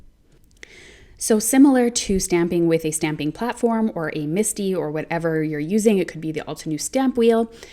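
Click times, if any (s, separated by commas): 0.6 s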